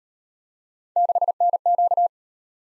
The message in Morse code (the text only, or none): 6NQ